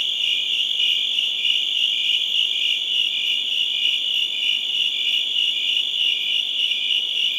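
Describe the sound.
Crickets chirping in a dense, steady chorus of high shrill trills that run on continuously.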